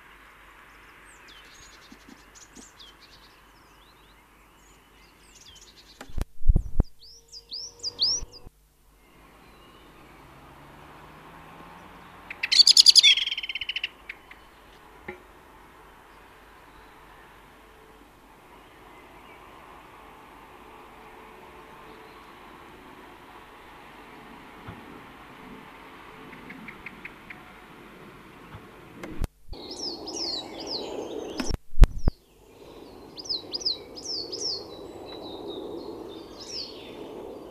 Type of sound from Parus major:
call